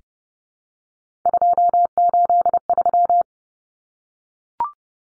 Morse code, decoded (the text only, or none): 283